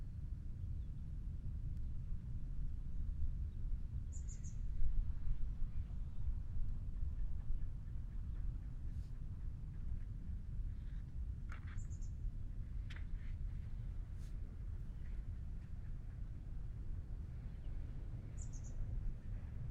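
An outdoor field recording from Tilden Regional Park in Orinda, California, dominated by a steady low rumble, like wind or far traffic, that swells slightly around five seconds. Brief high bird chirps break through near 4, 12 and 18 seconds, with a few faint clicks between.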